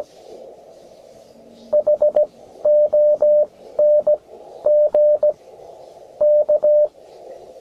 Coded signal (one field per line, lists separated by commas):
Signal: Morse code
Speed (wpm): 16 wpm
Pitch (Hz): 600 Hz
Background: none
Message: HONG K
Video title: 20220409 21MHZ BX2AK CW QSO BEGALI INTREPID BUG KEY